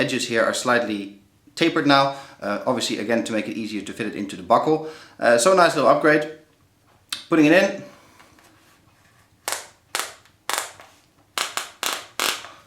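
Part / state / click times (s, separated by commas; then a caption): belt strap end into ratchet buckle / seated / 9.9 s, 10.5 s, 11.4 s, 11.6 s, 11.9 s, 12.2 s. Someone talks while the tapered end of a tactical ratchet belt, shaped to make it easier to fit into the buckle, is pushed into its ratchet buckle. The ratchet clicks tooth by tooth at about 10.0, 10.5, 11.4, 11.6, 11.9 and 12.2 seconds. The belt seats with solid clicking and feels secure enough to stay in place.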